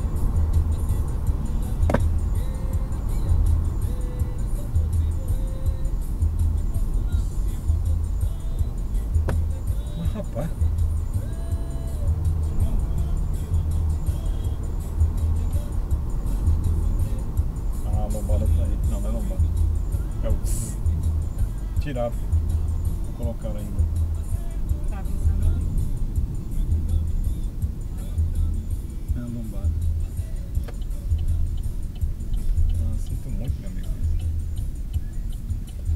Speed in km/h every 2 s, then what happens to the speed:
91, 87, 77, 68, 66, 66, 71, 76, 74, 66, 62, 60, 54, 46, 38, 34, 29, 23.
0-7 brakes to 66. 10-15 speeds up to 76. 15-36 slows to 23.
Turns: none.